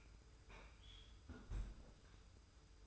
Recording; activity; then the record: daily activity, microphone in the room; close fridge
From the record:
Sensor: 2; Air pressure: 990.9 hPa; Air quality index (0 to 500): 126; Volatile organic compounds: 111 ppm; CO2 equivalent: 3826 ppm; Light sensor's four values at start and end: 23/55/22/22 and 23/55/22/22